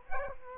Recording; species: mosquito wingbeat signal from an infrared sensor; Culex quinquefasciatus